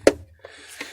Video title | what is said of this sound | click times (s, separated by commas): How To Add LEDs To Lionel MPC Passenger Cars | oh i heard a click okay i've got a little bit of room there | 0.1 s